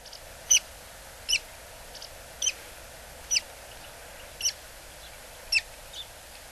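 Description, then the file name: Buff-bellied pipit giving sharp high call notes about once a second, with a few fainter chips between them and constant low hiss behind. Recorded in Hyogo Prefecture, Japan. "tahibari 0802 hyogo kaji"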